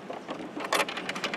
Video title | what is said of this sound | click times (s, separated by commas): Ink Refill Kit With HP 935, 934 Refillable Cartridges | you want to hear that click noise just like that make sure it's in there nice and tight | 1.1 s